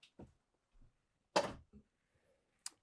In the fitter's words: And you'll hear it lock into place.